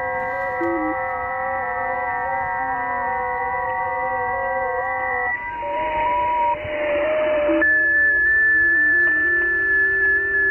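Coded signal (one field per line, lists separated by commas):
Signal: FT8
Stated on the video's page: FT8 on 40m (7 MHz) from Mariana Islands, IC-7600 with SPE Expert 1.3K-FA amplifier and 40m dipole.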